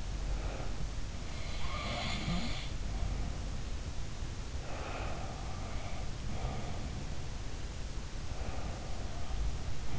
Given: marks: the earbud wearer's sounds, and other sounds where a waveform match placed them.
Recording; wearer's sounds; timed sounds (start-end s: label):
sounds in sleep by an in-ear microphone; breath
0.00-0.84 s: breath
1.54-3.68 s: sound from someone else or the room
4.67-6.98 s: sound from someone else or the room
8.21-9.99 s: sound from someone else or the room